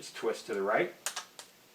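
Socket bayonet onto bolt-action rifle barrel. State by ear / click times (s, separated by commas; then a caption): seated / 1.2 s, 1.4 s. Someone talks as a steel socket bayonet, its stuck interior freshly ground out, is twisted to the right onto the muzzle of a Mosin Nagant bolt-action rifle. Sharp clicks at 1.2 s and 1.4 s mark the lock engaging, and the bayonet is seated on the barrel.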